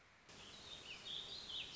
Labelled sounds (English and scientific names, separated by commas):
Warbling Vireo (Vireo gilvus)